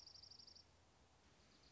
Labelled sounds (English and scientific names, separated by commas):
Dark-eyed Junco (Junco hyemalis)